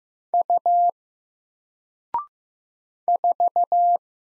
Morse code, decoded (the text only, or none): U 4